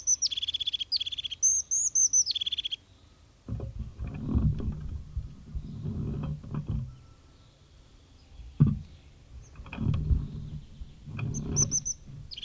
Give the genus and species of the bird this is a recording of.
Lophophanes cristatus